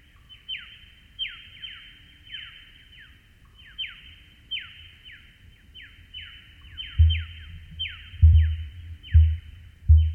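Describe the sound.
Emu, deep low thudding booms, four strong pulses over the last three seconds, beneath a steady run of high, quickly descending chirps repeated throughout.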